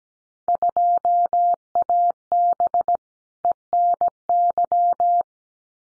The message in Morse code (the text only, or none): 2AB ENY